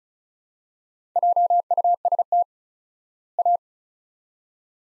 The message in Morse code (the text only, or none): JUST A